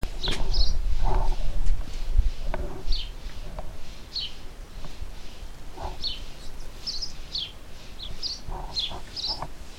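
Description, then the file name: House sparrow chirping repeatedly in quick, uneven bursts of sharp high notes, over heavy low-pitched background rumble and a few knocks. "Passer domesticus"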